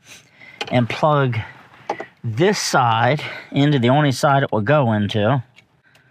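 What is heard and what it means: A new wiring harness cable is being handled and lined up with its keyed socket in a Tesla's centre console harness while someone talks throughout. A couple of faint, brief handling sounds come near the end, but nothing has seated or clicked yet.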